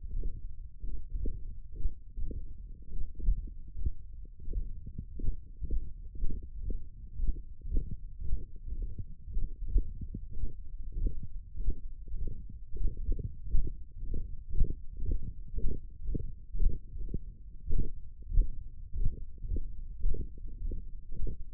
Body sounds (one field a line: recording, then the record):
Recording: forearm muscle sounds (acoustic myography)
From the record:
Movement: index flexion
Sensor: system 1, eight BSWA MPA416 microphones around the upper forearm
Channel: 6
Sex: male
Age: 42 years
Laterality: right